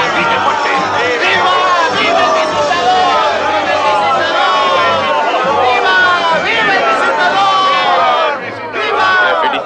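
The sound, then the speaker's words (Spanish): A dense crowd of men offered free wine shouting and cheering "¡Viva el visitador!" continuously, many overlapping excited voices forming a loud, steady roar that barely dips near the end. “¡Se empiecen a gritar!”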